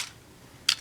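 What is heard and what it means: Pulling the trigger on a plastic toy blaster releases its spring-loaded front cannon from the blaster body, and it shoots forward with a sharp snap at 0.7 s. A softer click follows at 0.8 s after a brief hiss at the start and quiet background, and the cannon is released.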